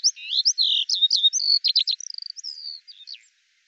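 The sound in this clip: Eurasian skylark song phrase of jumbled high warbles, a fast stuttering trill and a thin drawn whistle, fading out at the end.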